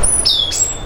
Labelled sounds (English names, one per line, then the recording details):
Stitchbird song
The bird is a male
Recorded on Tiritiri Matangi Island, New Zealand, in 2005
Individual 12, of nest box 16